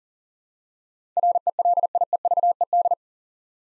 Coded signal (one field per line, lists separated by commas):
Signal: Morse code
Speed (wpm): 40 wpm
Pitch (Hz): 700 Hz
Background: none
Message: RELIEVED